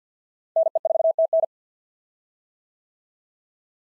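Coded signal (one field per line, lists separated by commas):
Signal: Morse code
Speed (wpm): 50 wpm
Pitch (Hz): 650 Hz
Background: none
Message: NE4TN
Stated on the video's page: Morse practice of POTA (Parks on the Air) QSO exchanges at 50 wpm; each exchange sent, spoken, then sent again.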